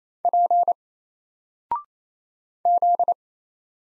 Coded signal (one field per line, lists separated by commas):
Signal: Morse code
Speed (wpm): 27 wpm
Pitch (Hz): 700 Hz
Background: none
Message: P Z